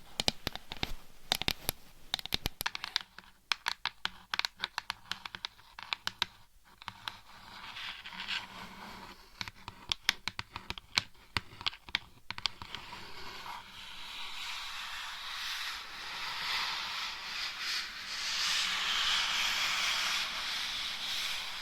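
Scratching and tapping in quick, dense clicks for the first twelve seconds, then giving way to a steady, brighter rubbing hiss that swells toward the end.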